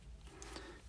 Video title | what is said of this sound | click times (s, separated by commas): How to Crochet Chicken Birbs -- Amigurumi Pattern Tutorial | that nice satisfying click click click click make | 0.4 s